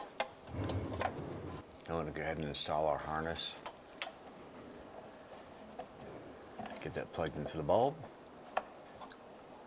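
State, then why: Not seated. Someone talks while the wiring harness connector is fitted onto the headlight bulb base of a 2006–2011 Cadillac DTS, with short handling clicks and taps scattered through the clip. The connector has not yet been pressed home, and nothing has seated or clicked yet.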